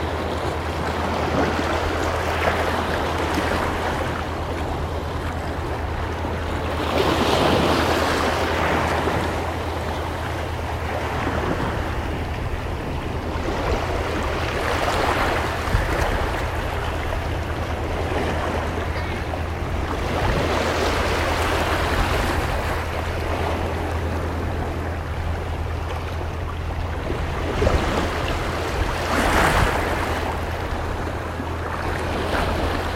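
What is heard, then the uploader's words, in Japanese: Waves wash onto a beach in a steady roar, with brighter, hissing surges building every several seconds, near the 7, 15, 20 and 29 second marks. A constant low hum, like an engine, runs underneath throughout. 浜辺できこえる音。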